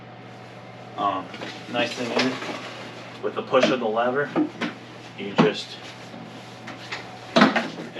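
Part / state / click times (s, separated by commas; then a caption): handle height lever latching into a position notch on the mower handle bracket / seated / 7.4 s. Someone talks while pushing the handle height lever on a Toro 30" mower, moving the handle to a new height and releasing it, with handling noise along the way. A sharp latch sound at 7.4 s marks the lever latching into a position notch on the handle bracket, and the handle locks in place.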